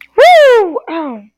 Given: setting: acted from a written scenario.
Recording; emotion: vocal sound without words; negative surprise